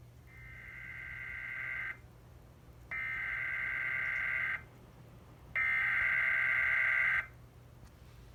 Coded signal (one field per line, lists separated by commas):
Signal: Emergency Alert System (SAME) tones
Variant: header bursts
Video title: Part 3 of the flooding Madness EAS#264-282 8/14/20